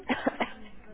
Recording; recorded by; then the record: voluntary cough; telephone call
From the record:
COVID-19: negative